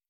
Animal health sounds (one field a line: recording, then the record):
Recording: hydrophone in a shrimp aquaculture tank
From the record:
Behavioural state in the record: feeding